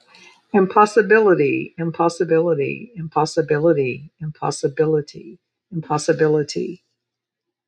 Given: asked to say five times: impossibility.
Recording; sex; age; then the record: repeated word; female; 60 to 69 years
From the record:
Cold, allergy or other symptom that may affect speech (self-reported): no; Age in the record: 68 years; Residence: Georgia, United States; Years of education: 16